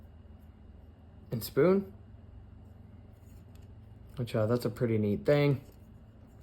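Someone handles a metal folding fork-and-spoon utensil from a Gearpods Frontier camp kit, unfolding its handle toward the hinge lock while someone talks. Only a faint tick is heard at 3.6 seconds under steady low background hum. Nothing has seated or clicked yet.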